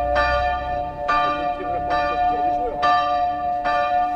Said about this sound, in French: 1h, la cloche sonnait. Quelques heures après, la cloche sonnait toujours. Jusqu'à la 11e heure, où enfin la cloche a rendu l'âme, à 10h du soir.